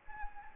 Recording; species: mosquito wingbeat signal from an infrared sensor; Anopheles gambiae